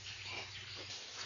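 A fuel filter canister is handled at its housing on a Mercury 4-stroke outboard engine (175hp+) as it is about to be turned counterclockwise to lock in place. A steady low hum and broadband rustling fill the clip with no distinct clicks. Nothing has seated or clicked yet.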